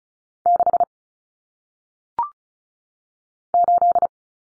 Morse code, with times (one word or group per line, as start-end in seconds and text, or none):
0.5-0.8 6
3.5-4.1 8